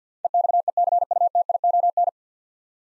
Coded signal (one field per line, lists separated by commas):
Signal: Morse code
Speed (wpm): 49 wpm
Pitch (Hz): 700 Hz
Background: none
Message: EXECUTION